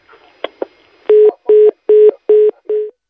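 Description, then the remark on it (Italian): A couple of sharp clicks, then the ringback tone of a call to Umberto Bossi's mobile phone: five evenly spaced, steady mid-pitched beeps, each about half a second long, loud and clear with no talking. “Secondo squillo.”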